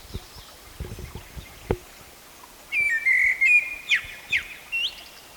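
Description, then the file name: Eurasian blackbird song: a fluty whistled phrase ending in high squeaky twitters. "Turdus merula"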